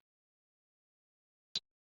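A plastic reverse light bulb socket on a 2013–2016 Dodge Dart is inserted with its ridges lined up to the tail light housing holes, then turned clockwise. After near silence, a single sharp click at 1.6 s marks the socket locking securely into the housing.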